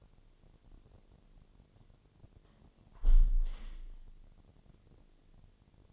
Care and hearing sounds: daily activity, microphone in the room; close window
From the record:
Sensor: 4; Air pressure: 1007.1 hPa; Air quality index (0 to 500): 182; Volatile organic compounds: 5 ppm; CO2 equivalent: 1808 ppm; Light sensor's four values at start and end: 23/74/28/27 and 23/73/28/27

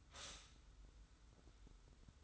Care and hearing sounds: daily activity, microphone in the room; stop toaster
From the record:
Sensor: 3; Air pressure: 990.7 hPa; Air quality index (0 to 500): 157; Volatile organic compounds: 714 ppm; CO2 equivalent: 5055 ppm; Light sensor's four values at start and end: 37/88/35/33 and 37/88/35/33

